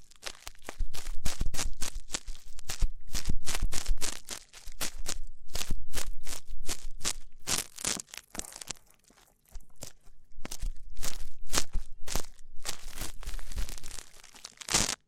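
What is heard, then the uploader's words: Rough ear cleaning makes dense bursts of scratching, crackling rubs, rapid and irregular, with sharp bright edges and a low thump under many strokes. Activity runs in stretches with brief pauses near 4.5 and 9–10 seconds, then resumes just as busily. ASMR Rough Ear Cleaning (No Talking).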